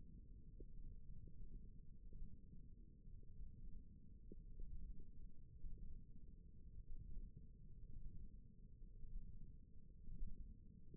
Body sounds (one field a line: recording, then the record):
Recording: forearm muscle sounds (acoustic myography)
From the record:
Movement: ulnar deviation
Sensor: system 1, eight BSWA MPA416 microphones around the upper forearm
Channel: 1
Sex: female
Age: 22 years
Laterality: right